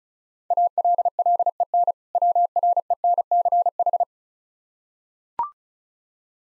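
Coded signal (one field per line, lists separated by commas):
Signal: Morse code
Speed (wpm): 36 wpm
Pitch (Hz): 700 Hz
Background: none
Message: ALLEN WRENCH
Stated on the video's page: Morse code practice at 35 wpm, difficult words with contextual hints, for copying practice.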